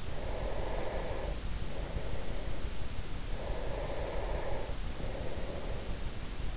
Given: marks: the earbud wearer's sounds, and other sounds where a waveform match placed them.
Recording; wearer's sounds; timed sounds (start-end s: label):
sounds in sleep by an in-ear microphone; breath
0.10-2.88 s: breath
3.18-6.51 s: breath